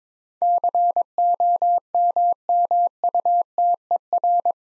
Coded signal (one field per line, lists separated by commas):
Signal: Morse code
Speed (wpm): 22 wpm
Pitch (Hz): 700 Hz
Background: none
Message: COMMUTER